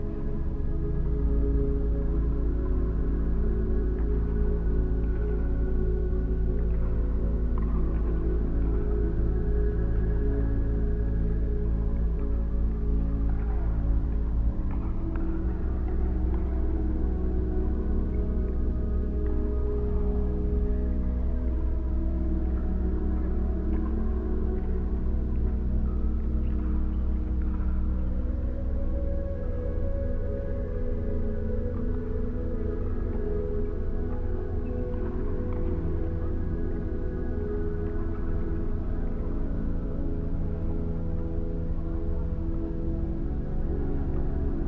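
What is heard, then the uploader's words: Gentle ambient music plays throughout, built from long sustained tones over a deep steady drone that shifts pitch around 15 and 29 seconds. Faint, sparse taps and brief scuffs drift in the background, soft beneath the even, unchanging loudness. As the gentle tones of ambient music intertwine with the subtle sounds of pickleball players engaged in friendly matches. The rhythmic bounce of the ball.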